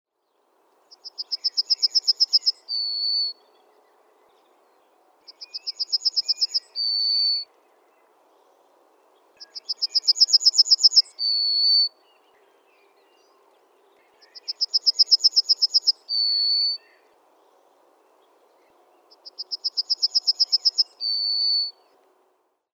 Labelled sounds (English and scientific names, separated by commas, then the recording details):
Yellowhammer (Emberiza citrinella)
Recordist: Frommolt, Karl-Heinz
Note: Gesang